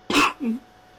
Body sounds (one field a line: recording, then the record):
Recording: coughing mixed with background sound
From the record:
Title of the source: 64 coughing, allergies, singing lungs